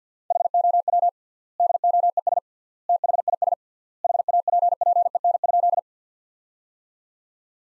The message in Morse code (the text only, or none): HOW DOES THIS HAPPEN?